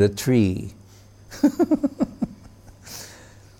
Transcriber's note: laughter